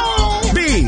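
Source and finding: Adult man. Sneeze.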